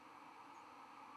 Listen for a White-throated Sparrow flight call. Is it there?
no